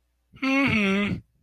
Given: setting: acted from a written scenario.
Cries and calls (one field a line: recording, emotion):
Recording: vocal sound without words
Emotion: neutral